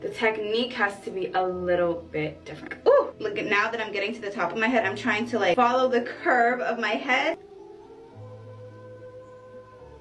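A clip-in hair extension weft with a metal snap comb is being handled and pressed onto the hair near the top of the head while someone talks over background music. Nothing has snapped shut or seated yet; the clip ends before the snap comb closes.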